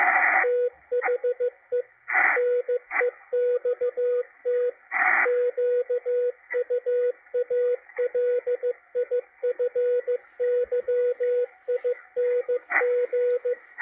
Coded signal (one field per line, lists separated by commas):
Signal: Morse code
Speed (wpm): 15 wpm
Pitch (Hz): 490 Hz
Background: radio noise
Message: THE NEXT QUALIFYING